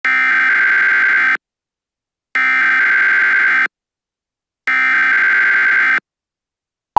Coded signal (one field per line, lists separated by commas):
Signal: Emergency Alert System (SAME) tones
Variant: header bursts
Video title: Eas: The Hidden Man